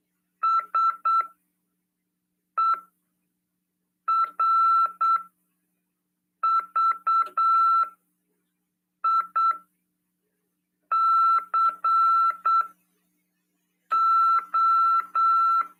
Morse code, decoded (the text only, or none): SERVICO